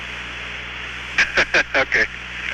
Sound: laughter